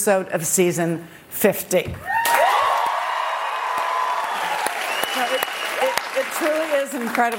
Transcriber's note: cheering